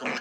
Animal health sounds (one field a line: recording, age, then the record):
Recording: pig call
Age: piglet (1 to 25 days)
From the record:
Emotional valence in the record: negative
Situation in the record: short isolation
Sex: male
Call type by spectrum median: low-frequency call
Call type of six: mixed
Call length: 0.21 s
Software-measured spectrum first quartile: 586 Hz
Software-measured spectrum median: 1404 Hz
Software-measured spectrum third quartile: 2335 Hz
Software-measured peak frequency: 242 Hz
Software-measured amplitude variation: 76 dB a second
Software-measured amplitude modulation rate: 21.6 a second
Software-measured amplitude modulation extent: 3.5 dB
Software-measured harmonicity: -1.2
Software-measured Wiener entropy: -0.93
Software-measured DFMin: 593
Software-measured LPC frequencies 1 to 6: 654, 1553, 2297, 4231, 5126, 5967 Hz